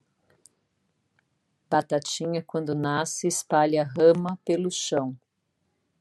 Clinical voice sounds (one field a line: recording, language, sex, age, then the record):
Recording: short text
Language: Brazilian Portuguese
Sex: female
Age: 50 to 59 years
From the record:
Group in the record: control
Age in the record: 50 years